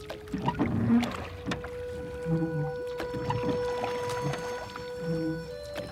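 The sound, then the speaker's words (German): An oar dips and sweeps through water in slow, regular strokes about every second and a half as a boat is rowed at night, soft splashes and gurgles over a faint steady hum, with no voices. “bewegte den Riemen so geschickt, dass das Boot fast geräuschlos dahineilte.”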